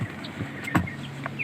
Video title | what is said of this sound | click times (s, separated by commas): 👉 2017 Dodge Durango Citadel - Ultimate In-Depth Look in 4K | like so, snap in place so that way it doesn't slide around on you. | 0.8 s, 1.3 s